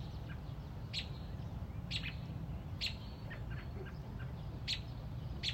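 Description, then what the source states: Robin uttering a handful of sharp, clipped chips spaced about a second apart, with faint bird notes and a low steady rumble behind. Mother robin on a front porch protecting a newly hatched chick.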